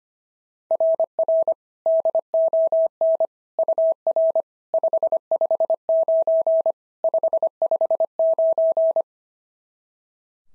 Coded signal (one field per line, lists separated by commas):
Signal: Morse code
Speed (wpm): 23 wpm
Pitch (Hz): 650 Hz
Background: none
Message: RR DON UR 559 559